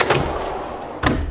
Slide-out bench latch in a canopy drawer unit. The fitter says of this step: that locks in so this this slider bench here the length and the